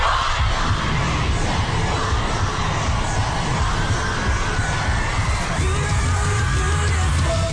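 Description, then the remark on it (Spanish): A huge crowd of pop band fans screams and cheers nonstop, a dense roar of shrill, high-pitched voices that stays loud and steady throughout, with no clear words breaking through. “Entero grita su nombre”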